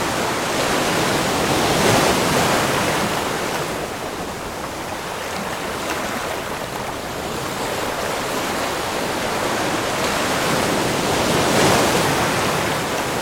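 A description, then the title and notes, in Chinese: Ocean waves roll in as a continuous white-noise wash, dense and hissing across lows and highs. The sound swells gently, peaking around two, six and twelve seconds, then easing back without ever dropping out. Nothing else stands apart from the steady surf. 海浪白噪音。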